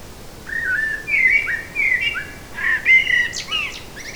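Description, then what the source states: Eurasian blackbird delivering a continuous run of mellow whistled notes, slurred up and down, broken by squeaky high twitters near the end, against soft background noise. Recorded in a forest on 8 July 2018.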